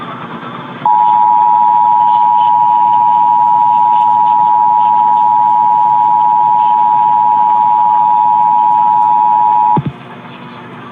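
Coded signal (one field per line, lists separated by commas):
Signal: Emergency Alert System (SAME) tones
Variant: 853 and 960 Hz attention tone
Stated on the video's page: Required monthly test received off a Richmond, Virginia AM radio station.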